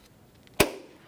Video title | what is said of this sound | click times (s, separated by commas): How to Replace Hood Lift Supports 2011-2015 Kia Sorento | You can hear it lock in. | 0.6 s